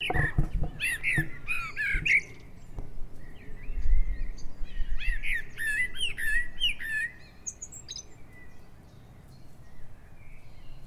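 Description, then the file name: Common blackbird calling in bursts of harsh, chattering notes with sharp clicks, a few low thumps at the start, then quieter. "Turdus merula"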